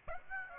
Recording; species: mosquito wingbeat signal from an infrared sensor; Aedes aegypti